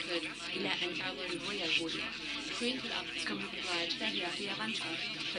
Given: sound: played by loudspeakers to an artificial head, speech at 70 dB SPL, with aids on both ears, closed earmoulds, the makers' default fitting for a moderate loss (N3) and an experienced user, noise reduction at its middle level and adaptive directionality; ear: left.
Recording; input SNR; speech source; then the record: speech test signal (ISTS) in cocktail-party noise; +3 dB; on the right (90 degrees)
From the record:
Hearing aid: class 2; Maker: D